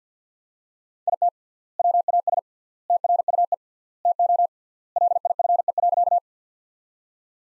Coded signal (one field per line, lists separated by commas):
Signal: Morse code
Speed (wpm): 50 wpm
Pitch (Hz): 700 Hz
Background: none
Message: IT WAS TRUE TO LIFE.